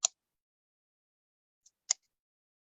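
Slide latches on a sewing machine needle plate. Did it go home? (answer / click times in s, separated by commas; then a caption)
yes / 0.0 s, 1.9 s. Two metal latches on the reassembled needle/throat plate of a vintage sewing machine are slid across after maintenance. Two sharp, loud clicks are heard at 0.1 s and 1.9 s, with a faint tick just before the second, and both latches click into place, seated.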